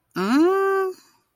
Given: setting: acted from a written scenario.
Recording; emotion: vocal sound without words; confusion